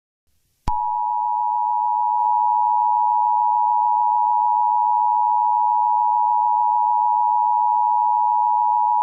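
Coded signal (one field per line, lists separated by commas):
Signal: Emergency Alert System (SAME) tones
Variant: 853 and 960 Hz attention tone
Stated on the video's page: Fictional scenario alert for a nuclear missile attack on Hawaii; the tones are stated to be valid EAS tones.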